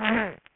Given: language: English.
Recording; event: throat vibration sensor signal played as sound; throat clearing